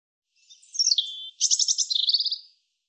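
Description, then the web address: European robin song, a soft thin opening warble followed by a rapid, rattling run of high repeated notes, lasting about two seconds. "Deverinetal 2025 Bird Er Ru Er Ru"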